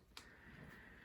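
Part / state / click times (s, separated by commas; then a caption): emergency stop knob on a pump lab control panel / released / 0.2 s. The emergency shut-off knob on a pump lab control panel is rotated clockwise until it pops out, releasing the stop. A single short, sharp click is heard at 0.2 seconds over a steady background hum with a tone near 2 kHz. The stop is released.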